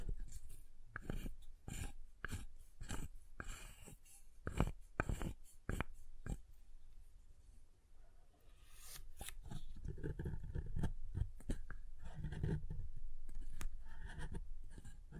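Fingernails tap and carve a block of soft-hard soap. The first half is crisp, evenly spaced taps, about two per second, with a brief lull near eight seconds. After that come denser scraping and carving sounds with a low thud underneath.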